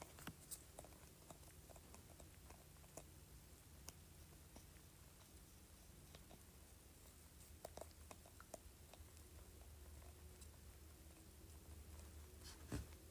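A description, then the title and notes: A spray bottle lid is scratched in sparse, sharp ticks and scrapes over a low steady hum, with one louder scrape near the end. ASMR Scratching Spray Bottle Lid.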